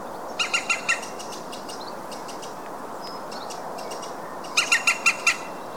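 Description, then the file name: European green woodpecker calls: four loud ringing notes, a stretch of fainter scattered notes and a brief whistle, then five more ringing notes. "zold kullo hangja"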